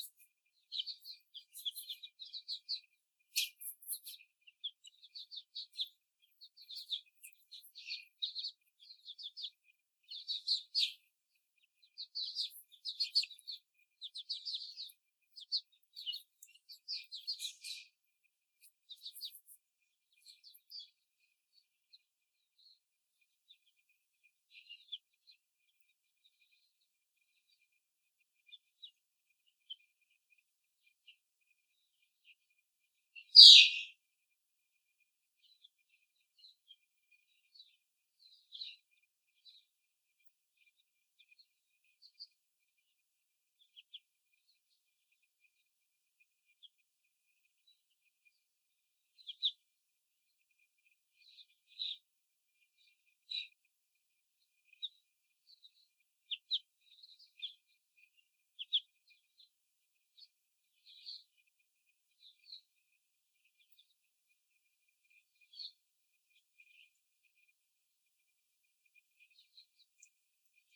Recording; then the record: young laying hens in a cage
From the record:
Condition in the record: before the stressor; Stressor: simulated dog barking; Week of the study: 4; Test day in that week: 2